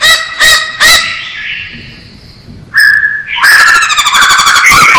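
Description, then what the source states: Masked laughingthrush song: three loud harsh harmonic notes, a quiet pause, then a sustained whistle and a burst of rich, warbling, strongly harmonic phrases. Described as gacor, singing actively and persistently.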